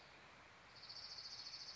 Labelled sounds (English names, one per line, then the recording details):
Orange-crowned Warbler
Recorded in Sonoma County, California